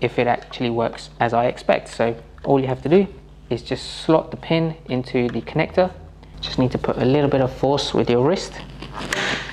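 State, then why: Seated. Someone talks while pushing the pin of one plastic Govee Glide Wall Lights light tube into the connector of the next with a little wrist force. A sharp click is heard at 9.1 s as the pin seats in the connector.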